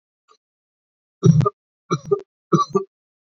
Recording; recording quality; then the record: shallow voluntary cough; excellent, no background noise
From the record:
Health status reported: healthy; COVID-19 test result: not tested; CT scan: not taken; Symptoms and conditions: none ticked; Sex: male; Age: 30 years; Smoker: no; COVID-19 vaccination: one dose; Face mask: not worn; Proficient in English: yes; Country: India